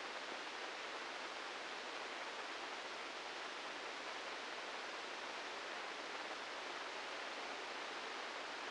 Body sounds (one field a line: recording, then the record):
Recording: brain microelectrode recording played as sound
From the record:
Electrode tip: inside the subthalamic nucleus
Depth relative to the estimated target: 2 mm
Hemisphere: right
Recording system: NeuroSet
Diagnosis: Parkinson's disease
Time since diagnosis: 9 years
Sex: male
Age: 56 years